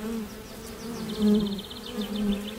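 Honeybees buzz in a steady low drone that swells and fades, with a faint high chirping pattern running above the hum. No voices are heard.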